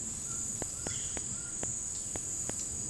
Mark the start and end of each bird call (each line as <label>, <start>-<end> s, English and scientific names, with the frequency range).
White-throated Toucan (Ramphastos tucanus) (0.5-2.3 kHz), 0.24-2.90 s